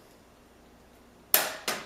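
The plastic palm rest bezel of a Dell Mini 1012 netbook is lifted by hand off the base until its last retaining clips pop free with a loud, sharp snap at 1.3 s, followed by a softer second snap at 1.7 s. The bezel is released and not broken, despite sounding like it.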